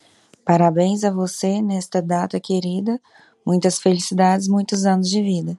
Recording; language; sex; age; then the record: short text; Brazilian Portuguese; female; 30 to 39 years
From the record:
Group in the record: control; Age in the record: 35 years